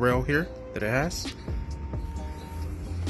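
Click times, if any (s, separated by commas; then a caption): none. A plastic front driver door trim panel for a 2015 Chevrolet Tahoe is lined up on its rail on the car door and moved forward before being pushed home, while someone talks. Only light handling sounds are heard, and nothing has seated or clicked yet.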